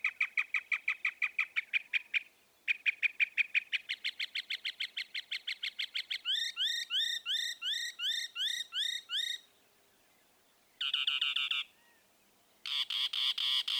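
Northern mockingbird delivering long runs of rapid repeated notes, changing to looping slurred notes, then harsh dense buzzy bursts.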